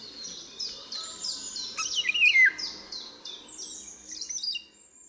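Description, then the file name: Eurasian golden oriole: a brief loud phrase falling in pitch midway, among many high thin chirps. "WILGA"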